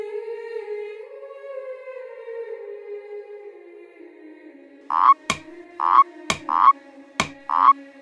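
A low, steady drone gives way to frogs croaking: four loud, rasping croaks in a regular rhythm, each paired with a sharp click.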